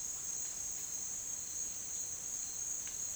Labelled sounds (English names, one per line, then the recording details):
none
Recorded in dense forest near Puerto Asís, Putumayo, Colombia, on 25 June 2025 at 09:30
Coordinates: 0.466, -76.327
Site GP04